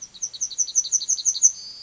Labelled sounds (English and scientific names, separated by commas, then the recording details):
Yellowhammer (Emberiza citrinella) song
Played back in forest
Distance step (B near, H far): C
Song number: 000